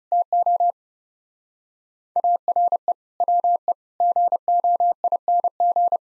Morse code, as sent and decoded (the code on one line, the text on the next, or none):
- --- / .- .-. . / .-- . / --. --- .. -. --.
TO ARE WE GOING